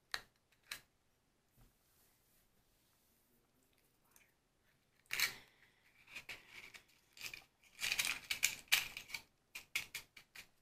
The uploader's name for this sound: Match Lighting Extinguishing, Fire Crackling,Tapping, Glass Sounds, Candles